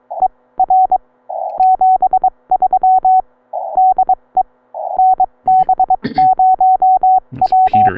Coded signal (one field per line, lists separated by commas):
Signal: Morse code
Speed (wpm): 23 wpm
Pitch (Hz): 750 Hz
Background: none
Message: ER 73 DE NB0W